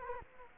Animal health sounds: mosquito wingbeat signal from an infrared sensor; Culex quinquefasciatus

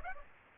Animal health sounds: mosquito wingbeat signal from an infrared sensor; Aedes aegypti

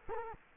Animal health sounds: mosquito wingbeat signal from an infrared sensor; Culex quinquefasciatus

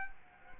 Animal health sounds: mosquito wingbeat signal from an infrared sensor; Culex quinquefasciatus

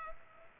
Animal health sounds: mosquito wingbeat signal from an infrared sensor; Culex pipiens

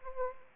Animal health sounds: mosquito wingbeat signal from an infrared sensor; Anopheles arabiensis

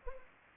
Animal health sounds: mosquito wingbeat signal from an infrared sensor; Anopheles arabiensis

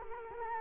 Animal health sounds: mosquito wingbeat signal from an infrared sensor; Culex quinquefasciatus

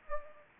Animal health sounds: mosquito wingbeat signal from an infrared sensor; Anopheles gambiae

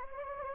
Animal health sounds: mosquito wingbeat signal from an infrared sensor; Anopheles gambiae

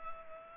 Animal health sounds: mosquito wingbeat signal from an infrared sensor; Culex pipiens

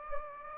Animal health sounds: mosquito wingbeat signal from an infrared sensor; Anopheles gambiae

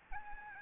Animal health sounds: mosquito wingbeat signal from an infrared sensor; Aedes albopictus

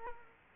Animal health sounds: mosquito wingbeat signal from an infrared sensor; Culex quinquefasciatus

